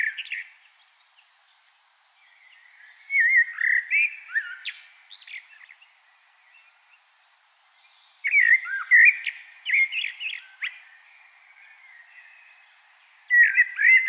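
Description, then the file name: Common blackbird singing mellow, fluty warbled phrases about every five seconds, with thin, high, scratchy notes and quiet gaps between. "Turdus merula"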